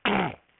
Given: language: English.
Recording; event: throat vibration sensor signal played as sound; throat clearing